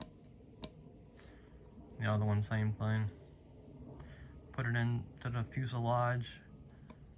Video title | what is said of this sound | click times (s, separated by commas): UNBOXING GEMINI 200 DELTA B757-200 757-232 g2DAL1307 | and then it snaps in with the magnet magnet pulls it | 6.9 s